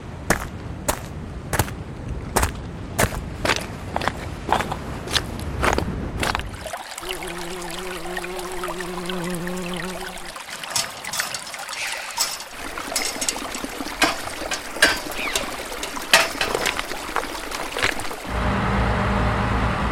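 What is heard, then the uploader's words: Steady crunching footsteps on rocky gravel for several seconds, then scattered scuffs, with a low engine-like hum passing midway and again near the end. A small pack of juicy recordings and sfx rom the Southern Ireland. Rocky/Gravel Footsteps. Sample Rate: 48kHz/24bit.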